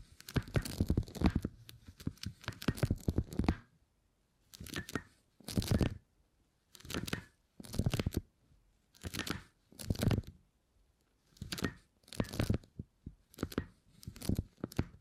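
Beeswax being handled, with crackly tearing and crunching textures. It starts as a dense run of crackles for about three and a half seconds, then breaks into short bursts about a second long with quiet gaps between them, repeating fairly regularly until the end.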